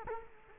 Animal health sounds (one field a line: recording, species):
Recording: mosquito wingbeat signal from an infrared sensor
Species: Culex quinquefasciatus